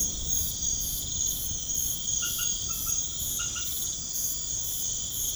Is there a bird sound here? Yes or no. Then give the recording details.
no. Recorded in pastures near Puerto Asís, Putumayo, Colombia, on 21 March 2025 at 21:00. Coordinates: 0.505, -76.324. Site GP08